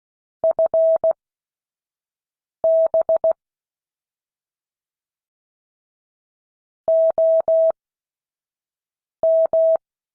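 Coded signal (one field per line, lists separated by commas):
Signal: Morse code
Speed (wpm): 16 wpm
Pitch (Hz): 650 Hz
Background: none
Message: FB OM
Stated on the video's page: Morse code class.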